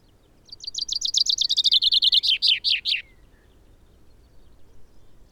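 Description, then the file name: Common chaffinch song: a fast run of bright, repeated notes slowly falling in pitch, ending in a short flourish, about two and a half seconds long. "Fringilla coelebs"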